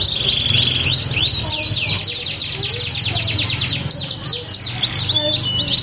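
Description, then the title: Belgian canary song, rapid rolling trills and sweeping notes, with soft lower chirps in the background. Belgian canary song used to warm up canaries and prompt them to sing along within seconds. "Canto Para Esquentar Canário Belga. LANGSUNG NYAUT. Pancingan suara kenari hitungan detik langsung ikut bunyi"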